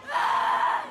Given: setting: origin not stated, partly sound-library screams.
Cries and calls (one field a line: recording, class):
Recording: one-second piece from a danger detection set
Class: woman in danger